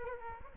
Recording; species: mosquito wingbeat signal from an infrared sensor; Aedes aegypti